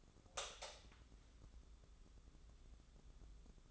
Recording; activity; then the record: daily activity, microphone in the room; light on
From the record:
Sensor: 3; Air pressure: 995.3 hPa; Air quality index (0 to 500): 80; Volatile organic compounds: 6 ppm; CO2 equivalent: 1915 ppm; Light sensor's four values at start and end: 9/21/9/8 and 12/30/12/12